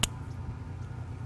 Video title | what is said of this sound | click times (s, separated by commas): Installing a Hunter I Core 2 wire controller 4/8 Inserting a decoder | and then we'll simply snap the cap over you'll hear a click | 0.0 s